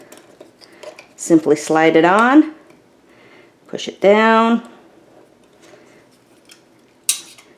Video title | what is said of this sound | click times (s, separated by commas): Cleaning Your Pistol Mags | hear it click you hear it click now it's all together | 7.1 s